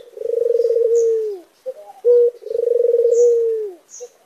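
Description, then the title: Barbary dove giving two long trembling coos with a drooping finish, each followed by a brief sharp note; thin high chirps from other birds above. White Barbary dove (puter putih). "Masteran Burung Puter Putih"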